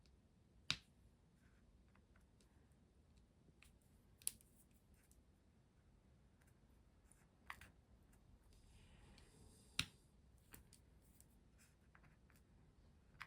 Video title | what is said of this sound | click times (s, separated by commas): UNBOXING!!! WINTER KING STORYBOOK - LIORA!!! MY FIRST CAPTURED BY RADIANCE UNBOXING!!! | you hear like a slight click as they're clicking into place. | 0.7 s, 4.3 s, 9.8 s